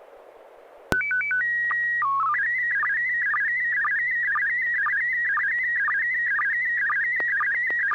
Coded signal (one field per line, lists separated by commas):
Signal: SSTV (slow-scan television)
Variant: PD 120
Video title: N6NA SSTV Net - 02/02/2022